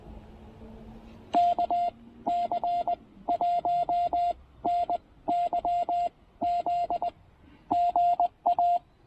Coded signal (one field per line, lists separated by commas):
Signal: Morse code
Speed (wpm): 19 wpm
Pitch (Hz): 690 Hz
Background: none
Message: KC1NYZ GA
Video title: Importance of Quality Feedline and QRP POTA Activation at Tuttle Educational State Forest!